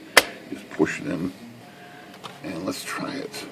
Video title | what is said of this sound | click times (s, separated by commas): Royal Scriptor Electronic Typewriter, Bad Lift Off Ribbon, Replace Correction Tape | right back in here this one just snaps back in just | 0.2 s